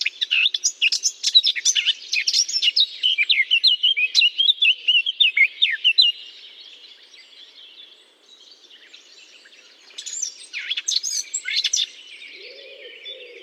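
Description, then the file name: Eurasian blackcap singing a long, hurried warble of tumbling scratchy notes for six seconds, then a quieter pause and a second shorter burst; a faint low tone near the end. Singing in holly. "chant de fauvette a tete noire dans houx"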